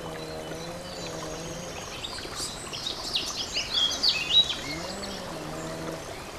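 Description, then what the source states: Warbler singing a quick, scratchy, twittering phrase in the middle, over a steady rush of flowing water and a low wavering tone near the start and end. Warbler beside a stream, 24 April 2015, recorded with an MZ-N710 recorder.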